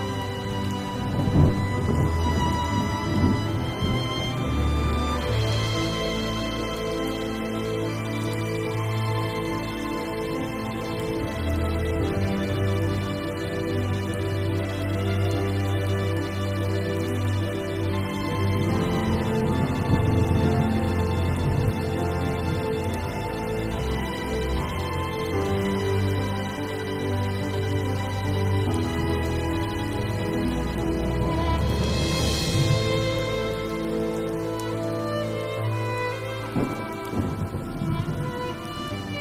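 Music with rain: sustained, layered tones hold steadily for the whole stretch over a low rumbling bed, with a constant hiss of rain on top. The level stays even and dense throughout, with brief swells of brighter hiss near 6 and 32 seconds.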